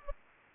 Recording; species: mosquito wingbeat signal from an infrared sensor; Anopheles gambiae